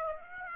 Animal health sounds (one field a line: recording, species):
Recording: mosquito wingbeat signal from an infrared sensor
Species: Aedes aegypti